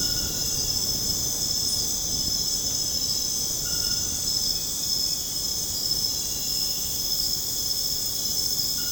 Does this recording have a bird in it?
no